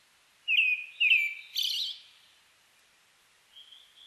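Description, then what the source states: Brown-headed thrush song: two clear, slurred warbling phrases in quick succession, then a higher rattling twitter, followed after a pause by a thin, faint high note. Recorded 29 May 2004.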